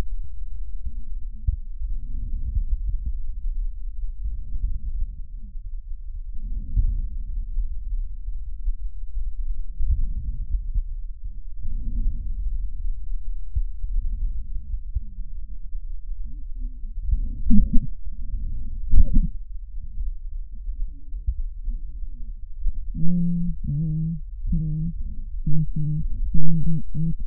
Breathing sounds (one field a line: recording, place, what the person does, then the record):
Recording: lung sounds by stethoscope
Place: right posterior apical chest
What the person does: quiet breathing, then cough and speech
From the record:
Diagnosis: interstitial lung disease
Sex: female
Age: 72 years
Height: 158 cm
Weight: 69 kg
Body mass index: 27.6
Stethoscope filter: bell mode